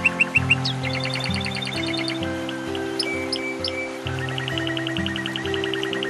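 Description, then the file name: Canary singing varied bright chirps, then a long, even, fast trill of repeated notes, with low sustained humming tones changing step by step underneath. Canary song mixed with nature sounds. "suara kenari dan suara alam"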